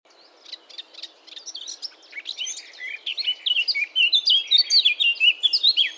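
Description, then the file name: Eurasian blackcap song, a scratchy warbling start building into a louder, clearer run of fluty whistled notes that rises in volume toward the end. "Sylvia atricapilla"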